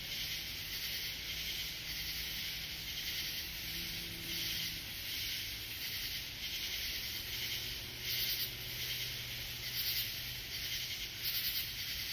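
Katydid rasps, softer at first and becoming louder and sharper toward the end, over a constant high insect whine and faint low hum.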